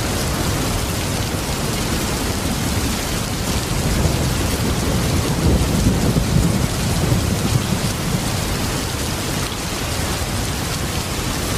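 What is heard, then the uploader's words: Heavy rain pours down in a dense, unbroken hiss that spans from low to bright. A deep rumble of thunder swells in the middle, strongest around four to seven seconds, then fades back under the steady downpour. Heavy Rain and Thunder Sounds. Todays episode features thunder & lightning sounds roaring across the sky.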